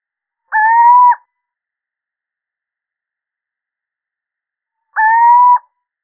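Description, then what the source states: Little owl calls: two drawn-out, slightly rising hoots, each about two-thirds of a second, spaced about four seconds apart, otherwise silence. Male little owl (sýček obecný).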